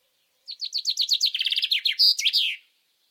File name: Fringilla coelebs